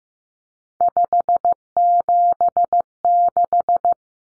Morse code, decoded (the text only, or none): 576